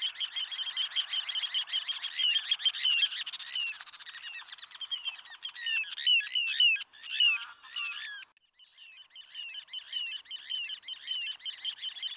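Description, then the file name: Little ringed plover calling in fast, repeated high notes, breaking into varied sharp chirps midway, a brief pause, then the rapid series resumes. "Flussregenpfeifer"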